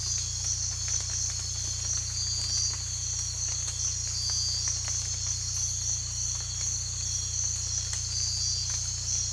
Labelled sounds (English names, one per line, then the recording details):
none
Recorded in dense forest near Puerto Asís, Putumayo, Colombia, on 16 December 2024 at 05:00
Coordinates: 0.467, -76.328
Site GP05